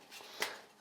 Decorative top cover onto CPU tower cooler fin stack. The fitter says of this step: it pops into place